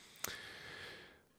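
A single sharp, hissy burst lasting a fraction of a second is followed by a short airy trailing sound: one ordinary sneeze from a cat sitting on a chair across the room, heard quietly in a small indoor room.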